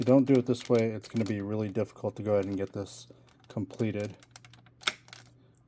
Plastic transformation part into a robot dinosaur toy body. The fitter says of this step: there so that snaps into place there and then you can get it into the groove